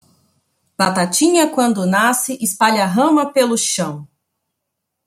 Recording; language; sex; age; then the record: short text; Brazilian Portuguese; female; 30 to 39 years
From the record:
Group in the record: control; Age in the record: 39 years